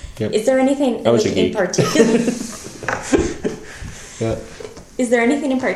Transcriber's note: laughing